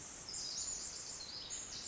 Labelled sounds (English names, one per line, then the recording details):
Pacific Wren
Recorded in Sonoma County, California